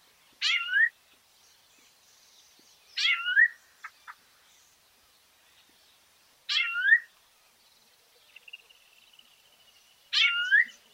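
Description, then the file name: Rufous-bellied thrush calls: harsh, sweeping notes that drop and then curl upward, given singly about every two and a half to four seconds, with faint thin chips between. "Sonido ZORZAL COLORADO"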